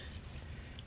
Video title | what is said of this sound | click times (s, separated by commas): Replacing a Sharkbite Faucet | watch right back there there's one click | 0.8 s